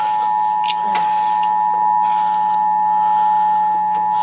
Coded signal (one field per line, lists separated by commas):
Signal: Emergency Alert System (SAME) tones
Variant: 853 and 960 Hz attention tone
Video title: New Comcast/Xfinity EAS - Tornado Warning for Allegheny County - July 10, 2013